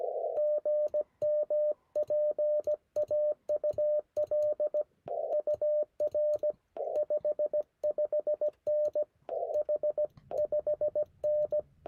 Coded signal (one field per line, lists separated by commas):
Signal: Morse code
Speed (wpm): 16 wpm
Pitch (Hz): 590 Hz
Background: radio noise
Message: GM PAUL UR 55N H5N